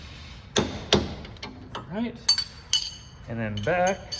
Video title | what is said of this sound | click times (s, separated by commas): S197 Anti-Squat/Lower Control Arm Relocation Kit Install | 129 go till it clicks | 0.6 s